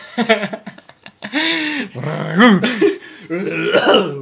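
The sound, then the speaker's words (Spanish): A person mimics a barking cough, starting with a few short, rough bursts and then moving into longer, strained, gravelly vocal sounds that rise and fall in pitch. “Oye, tenís tos de perro y en verdad ni siquiera suena como un perro.”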